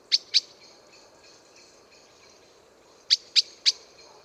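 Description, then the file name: Eurasian blackbird calls, hard clicking notes: a pair at the start, then three in quick succession after three seconds, with soft background bird chatter. "Turdus merula"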